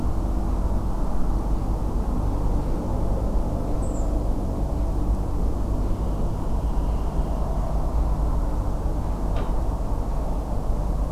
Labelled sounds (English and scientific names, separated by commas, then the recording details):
Redwing (Turdus iliacus)
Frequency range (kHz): Redwing (Turdus iliacus) 6.4-9.0 kHz
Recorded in France